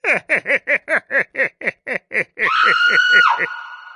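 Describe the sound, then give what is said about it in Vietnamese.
A woman's terrified scream echoing through a villa: a quick run of about a dozen sharp, breathy shrieking bursts that breaks into one long, piercing, high-pitched wail before cutting off. “Tiếng hét thất thanh của Nguyễn Y Y vang vọng khắp căn biệt thự.”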